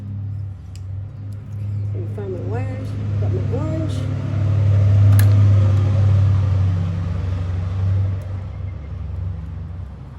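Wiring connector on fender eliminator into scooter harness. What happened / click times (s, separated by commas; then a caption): The connector is being handled but has not yet clicked home / none. On a Honda ADV150 during a Yoshimura fender eliminator install, a wiring connector from the fender eliminator is handled and pushed toward the scooter harness. A low vehicle rumble runs under the clip while someone talks and brief sharp sounds occur. Nothing has seated or clicked yet.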